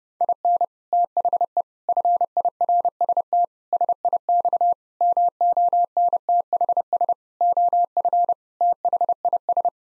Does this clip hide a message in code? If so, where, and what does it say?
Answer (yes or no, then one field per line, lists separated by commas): yes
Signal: Morse code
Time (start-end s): 0.2-9.7 s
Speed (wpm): 32 wpm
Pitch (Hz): 700 Hz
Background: none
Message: IN THE FIRST SIX MONTHS OF THIS